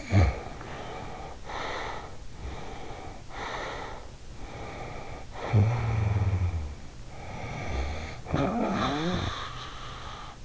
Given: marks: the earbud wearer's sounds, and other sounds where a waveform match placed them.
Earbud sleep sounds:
sounds in sleep by an in-ear microphone; snoring breath, breath
0.00-2.28 s: snoring breath
2.41-4.25 s: breath
4.37-7.02 s: snoring breath
7.13-10.45 s: snoring breath

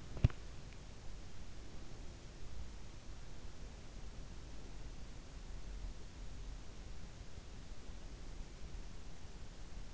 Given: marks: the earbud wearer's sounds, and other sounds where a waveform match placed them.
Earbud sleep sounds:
sounds in sleep by an in-ear microphone; body movement
0.00-0.48 s: body movement

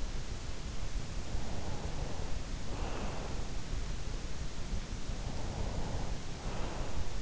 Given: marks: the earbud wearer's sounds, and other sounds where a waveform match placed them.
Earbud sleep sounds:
sounds in sleep by an in-ear microphone; breath
1.52-3.89 s: breath
5.23-7.22 s: breath

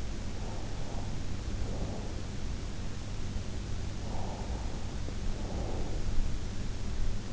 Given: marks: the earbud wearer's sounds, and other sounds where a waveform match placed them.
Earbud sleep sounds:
sounds in sleep by an in-ear microphone; breath
0.39-2.30 s: breath
4.02-6.13 s: breath

